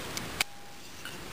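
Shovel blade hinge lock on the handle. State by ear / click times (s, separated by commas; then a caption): seated / 0.4 s. A small stainless steel folding shovel is unfolded until its blade locks at the hinge on the handle. A sharp metallic click at 0.4 s marks the lock, with a faint tick at 0.2 s and a softer one at 1.1 s. The blade is locked open.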